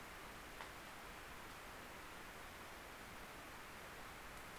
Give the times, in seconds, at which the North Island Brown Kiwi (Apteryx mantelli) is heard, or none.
none